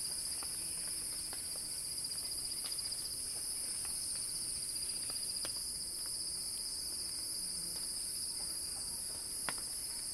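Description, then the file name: Cicadas buzzing continuously in a bright, piercing layered hum, steady in pitch and loudness, with occasional faint clicks and tapping sounds. Crescendo. "earth-fm Axel-Drioli Cicada-Crescendo-Sounding-Wild"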